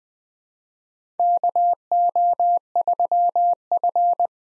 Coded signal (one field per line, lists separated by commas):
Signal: Morse code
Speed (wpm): 20 wpm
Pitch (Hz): 700 Hz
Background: none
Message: KO3F